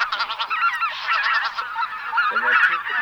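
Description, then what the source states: Greater white-fronted goose: greater white-fronted geese in a noisy flock, rapid overlapping high honks and yelps, with a few lower cackling notes near the end. Flock of greater white-fronted geese, chatter recording used as a hunting lure.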